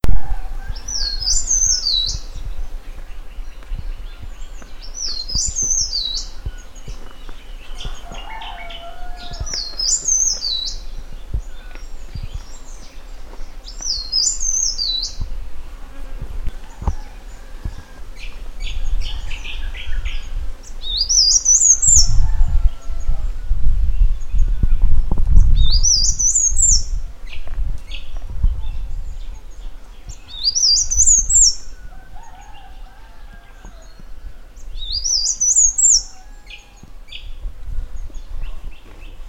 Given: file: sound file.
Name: Rote Leaf Warbler Song